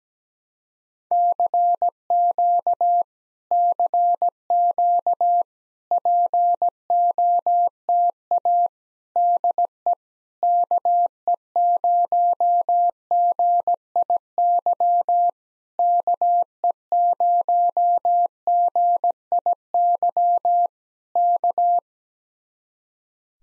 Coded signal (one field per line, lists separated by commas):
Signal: Morse code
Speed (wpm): 17 wpm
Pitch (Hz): 700 Hz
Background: none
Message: CQ CQ POTA DE KE0GIY KE0GIY K